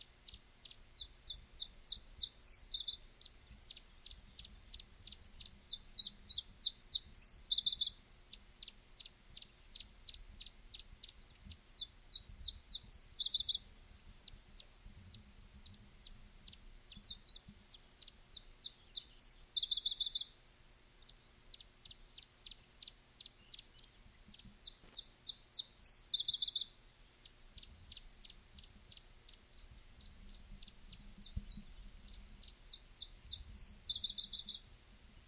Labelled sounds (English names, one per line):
Iberian Chiffchaff